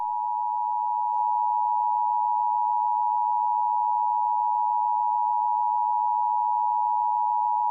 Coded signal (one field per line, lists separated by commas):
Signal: Emergency Alert System (SAME) tones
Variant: 853 and 960 Hz attention tone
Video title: EAS Scenario - Surreal Destruction -